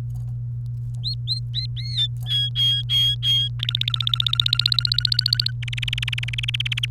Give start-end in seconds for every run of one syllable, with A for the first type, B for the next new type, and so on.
1.03-2.07 A, 2.25-3.48 B, 3.59-5.51 C, 5.62-6.85 D